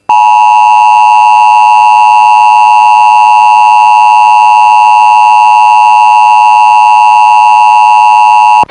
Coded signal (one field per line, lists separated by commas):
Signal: Emergency Alert System (SAME) tones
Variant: 853 and 960 Hz attention tone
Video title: A Lot of Monthly Tuesday (EAS #26705-26742) 6/3/25